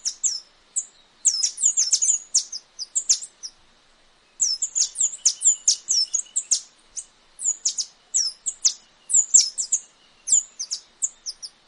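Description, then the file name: Tanager (saíra-dourada) song of high, sharp chirps in dense series broken by short pauses, many of the clipped notes descending. "canto da saira dourada"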